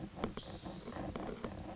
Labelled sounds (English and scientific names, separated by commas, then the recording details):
Spotted Towhee (Pipilo maculatus)
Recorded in Sonoma County, California